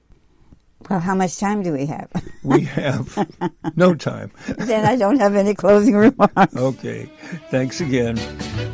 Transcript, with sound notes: Well, how much time do we have? (laughs)
We have no time. (laughs)
Then I don't have any closing remarks. (laughs)
Okay, thanks again.